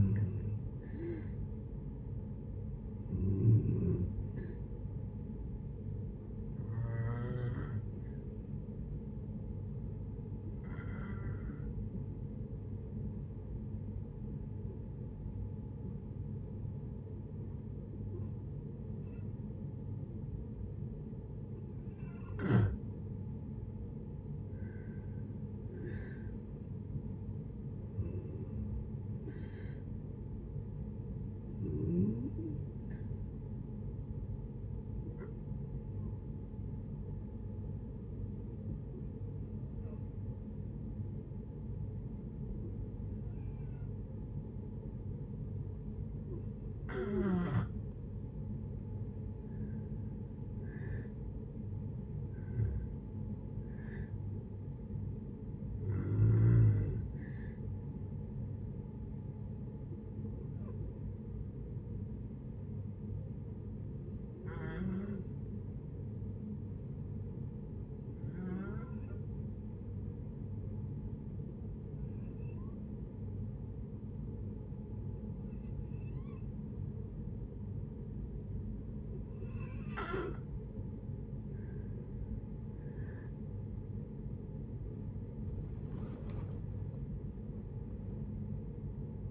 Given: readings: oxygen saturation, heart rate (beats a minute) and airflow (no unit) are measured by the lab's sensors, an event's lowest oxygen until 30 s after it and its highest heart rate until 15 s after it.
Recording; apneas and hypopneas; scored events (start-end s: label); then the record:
breathing in sleep by a smartphone at the bedside; 3
2.00-89.30 s: new sleep stage, N2 (light sleep)
7.00-22.30 s: hypopnea (N2, oxygen 94% highest, then 89% lowest, heart rate 75 at the start, 76 highest)
35.00-52.10 s: hypopnea (N2, oxygen 95% highest, then 89% lowest, heart rate 72 at the start, 73 highest)
58.00-83.20 s: hypopnea (N2, oxygen 95% highest, then 85% lowest, heart rate 73 at the start, 81 highest)
From the record:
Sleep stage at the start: N1 (lightest sleep); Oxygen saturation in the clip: 87 to 95%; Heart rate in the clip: 62 to 80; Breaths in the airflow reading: 23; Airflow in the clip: -12.6 to 14.0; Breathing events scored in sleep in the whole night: 496 in 5.4 hours asleep